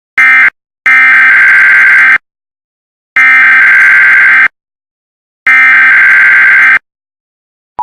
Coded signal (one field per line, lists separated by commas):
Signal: Emergency Alert System (SAME) tones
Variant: header bursts